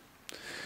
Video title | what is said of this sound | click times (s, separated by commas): Logitech Ultimat Ears UE900 Earphone Unboxing | snaps back in there. Look. So um | 0.3 s